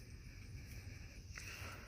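A metal push-button spring clip on a part of a backyard projector screen frame is forced one-handed into the tubular frame. Over steady low background noise, a single sharp snap is heard at 1.4 s as the clip seats into the frame tube.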